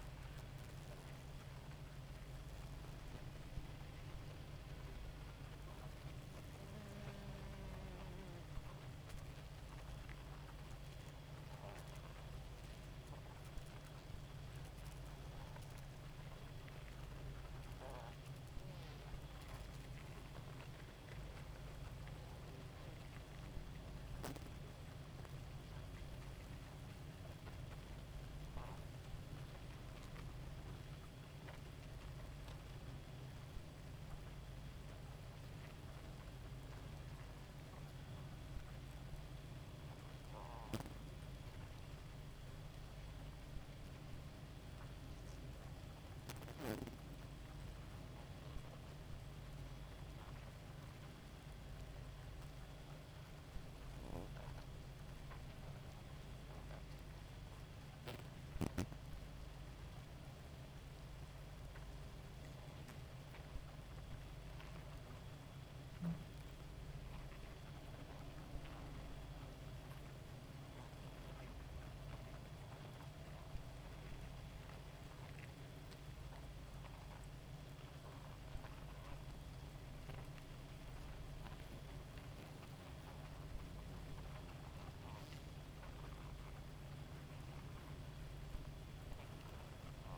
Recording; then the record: honeybee colony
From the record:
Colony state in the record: active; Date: 28 July 2017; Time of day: 2:14